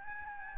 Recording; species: mosquito wingbeat signal from an infrared sensor; Aedes albopictus